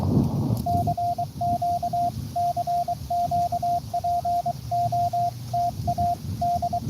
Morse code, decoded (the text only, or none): CQ CQ POTA D